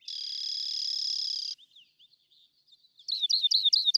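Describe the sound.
Rock wren song: a long steady buzzy note, then a quiet pause and a series of rapid repeated chirping syllables.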